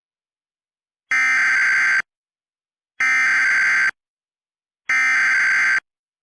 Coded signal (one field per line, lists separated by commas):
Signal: Emergency Alert System (SAME) tones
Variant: header bursts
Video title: EAS Recreation (3/5/25): PSA Message (CDW)